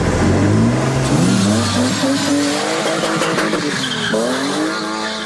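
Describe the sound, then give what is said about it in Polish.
A car burnout: the engine revs hard in rising and falling sweeps while the tires spin and screech continuously, a loud, steady squeal over the roaring motor with no voices. “Pół biedy, jeśli tak zwane palenie gumy, tak jak u vlogera profesora Chrisa, odbywa się poza drogami publicznymi.”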